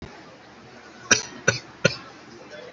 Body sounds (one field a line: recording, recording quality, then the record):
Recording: shallow voluntary cough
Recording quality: moderate, slight background noise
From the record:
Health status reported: COVID-19 positive, mild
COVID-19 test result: positive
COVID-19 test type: RT-PCR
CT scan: not taken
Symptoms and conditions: cough, cold, sore throat, fever, muscle pain, loss of smell and taste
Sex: male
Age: 41 years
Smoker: no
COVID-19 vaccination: one dose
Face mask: worn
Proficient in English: yes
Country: India